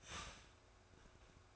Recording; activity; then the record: daily activity, microphone in the room; start toaster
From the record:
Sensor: 2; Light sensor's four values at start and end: 4/10/4/4 and 4/10/4/4